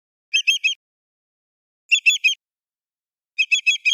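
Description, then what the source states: Greater yellowlegs giving a group of three crisp whistled notes, then another triplet and a run of four, the groups about 1.5 seconds apart; no other sounds. Recorded on 4 May 2012.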